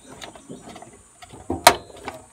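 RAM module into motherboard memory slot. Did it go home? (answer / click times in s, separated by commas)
yes / 1.7 s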